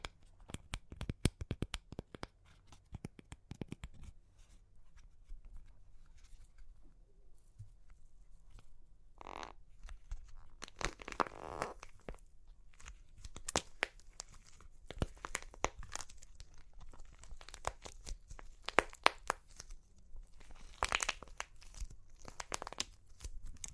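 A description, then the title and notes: Crunchy clay cracks and crumbles in sharp, irregular snaps and crinkling bursts, dense early, sparse around the middle, then busier again. Super Crunchy Clay Cracking (No Talking).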